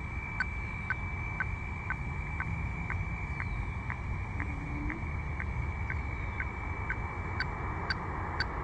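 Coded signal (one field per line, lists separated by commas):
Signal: weather fax (radiofax)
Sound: steady high tone with short lower blips about twice a second, like phasing before a chart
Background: radio static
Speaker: recording image all right there we go and we're getting another chart here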